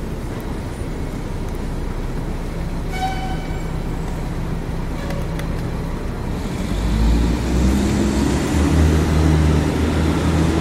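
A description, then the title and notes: New York City sounds heard through an open window in the rain: a steady, dense wash of noise with low traffic rumble underneath. A short horn-like toot sounds near three seconds, and after about six seconds a deeper engine drone swells and holds. Sounds in New York City City Rain Open WIndow. Essa vista foi gravada de 27 andares em Manhattan.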